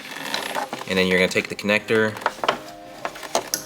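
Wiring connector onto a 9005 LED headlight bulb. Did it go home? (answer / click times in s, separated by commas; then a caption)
yes / 3.5 s. Someone talks while the wiring harness connector is pushed onto the base of a new Auxito 9005 LED high beam headlight bulb on a Lexus. Several plastic contact sounds lead to a sharp snap at 3.5 s, and the connector is seated.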